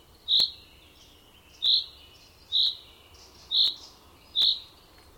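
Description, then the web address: Bird repeating a short bright high note five times, about one a second, with soft clicks and a hissing background between notes. "madarak enek"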